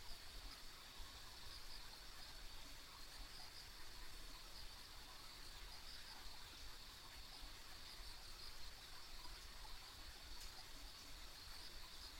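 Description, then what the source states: Insect chorus of continuous high buzzing with occasional brief chirp pulses, set against a steady low rushing background. Ambient insect sounds along a country road.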